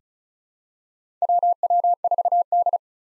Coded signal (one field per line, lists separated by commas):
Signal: Morse code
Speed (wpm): 36 wpm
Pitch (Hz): 700 Hz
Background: none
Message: WW4D